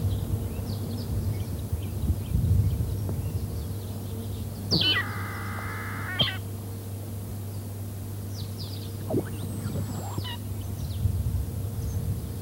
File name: vegetarian finch